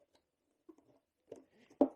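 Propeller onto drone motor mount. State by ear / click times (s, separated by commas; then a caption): seated / 1.8 s. A plastic drone propeller marked with a small orange circle has its clips rested into the motor mount on an arm with orange markings and is twisted by hand, with no tools, until it locks securely in place. Faint plastic handling and scraping lead to a small tick at about 1.3 s, then a sharp, loud click at 1.8 s with a brief rattle as the propeller seats.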